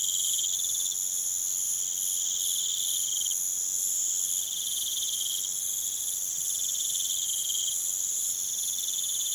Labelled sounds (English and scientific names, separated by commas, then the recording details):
none
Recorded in pastures near Puerto Asís, Putumayo, Colombia, on 30 June 2025 at 03:00
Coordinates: 0.486, -76.323
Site H29